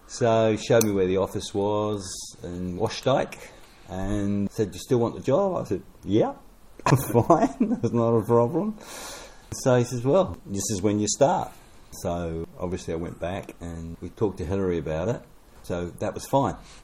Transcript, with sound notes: So showed me where the office was in Washdyke, and said, “Do you still want the job?” I said, “Yeah, fine – [chuckle] it’s not a problem.” So he says, “Well, this is when you start.” So obviously I went back and we talked to Hilary about it, so that was fine.